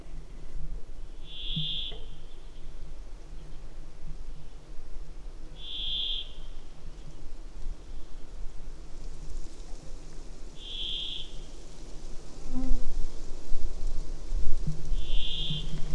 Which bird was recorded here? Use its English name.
Brambling